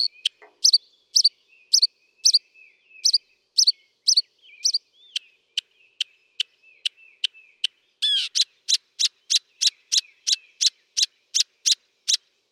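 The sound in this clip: Northern mockingbird song: repeated chirping phrases, then thin ticks, then a fast even series of sharp notes, each phrase type repeated several times.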